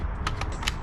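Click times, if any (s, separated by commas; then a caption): none. A CF20 carbon-fibre magazine is pushed into the magwell of a Dye DAM paintball marker, producing three short knocking impacts at about 0.3, 0.4 and 0.7 seconds rather than a latch click. The magazine has not clicked or seated into place and has to be pounded in.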